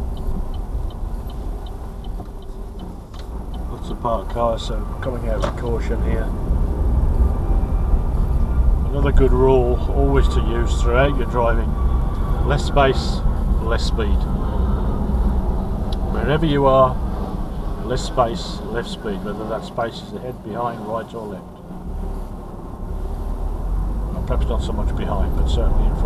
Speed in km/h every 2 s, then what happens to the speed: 11, 6, 8, 16, 18, 18, 18, 16, 11, 5, 0, 0, 15.
3-7 speeds up to 18. 7-13 steady at about 18. 13-19 slows to 0. 19-23 standing. 23-26 pulls away to 15.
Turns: 0-3.